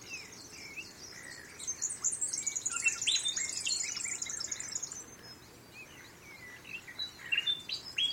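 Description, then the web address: Bird calls: a dense run of short high twittering notes and sliding whistles, louder around three seconds and again near the end, over a steady background hiss. Unidentified bird calling in mangroves. "Sound Effects-Foundation 1 BIRD UNKNOWN MAGROVES 06 SEQUENCE"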